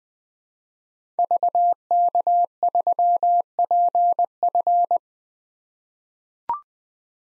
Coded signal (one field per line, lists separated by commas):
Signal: Morse code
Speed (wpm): 21 wpm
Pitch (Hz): 700 Hz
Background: none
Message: VK3PF